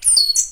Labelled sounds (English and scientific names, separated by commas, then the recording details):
Stitchbird (Notiomystis cincta) song
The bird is a male
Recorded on Tiritiri Matangi Island, New Zealand, in 2005
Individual 12, of nest box 16